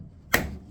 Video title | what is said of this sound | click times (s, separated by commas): TOAN Engineering - Vacuum Forming | and you'll hear it click like so | 0.3 s